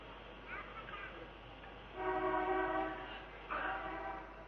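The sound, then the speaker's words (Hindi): A car horn honks on the road in a long, steady, tonal blast, followed soon after by a second shorter honk, both sounding over a constant low background rumble. “राह पर बजती है कार का हॉर्न, चेतना कंपित होगी।”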